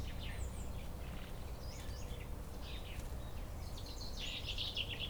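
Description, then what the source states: Common Chaffinch song: a dense burst of rapid high notes at the close, with thin chirps earlier and steady low background noise. Singing near the oldest tree in Chindrieux, a centuries-old lime tree, in a neighbourhood park in Chindrieux, France, accompanied by a tit.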